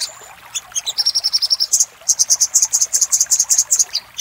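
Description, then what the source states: Little spiderhunter song of rapid, piercing high chips in two runs, the second pitched higher after a brief pause, steady and insistent. Master recording used for training cage birds.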